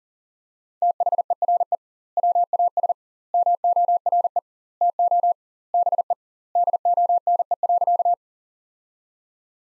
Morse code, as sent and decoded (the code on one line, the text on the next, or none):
- .... . .-. . / .-- .- ... / -- --- .-. . / - --- / -... . / -.. --- -. . .-.-.-
THERE WAS MORE TO BE DONE.